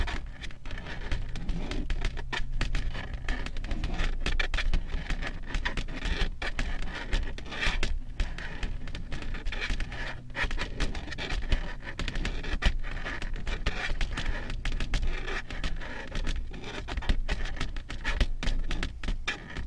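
Long fingernails tap and scratch in a steady, slow rhythm, with soft scraping filling the gaps between clicks. Brief sharp taps land every second or so across the whole stretch, over a constant low rumble underneath.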